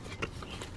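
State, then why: Not seated. An electrical connector with a plastic locking tab is handled while being fitted back onto a new crankshaft/camshaft position sensor on a Mercedes-Benz engine, during a sensor replacement for a P0016 code. Low handling rustle and scraping include one brief, sharper tap near 0.2 s. Nothing has seated or clicked yet.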